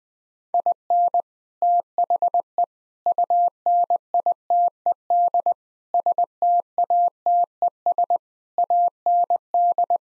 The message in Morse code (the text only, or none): IN THE UNITED STATES AND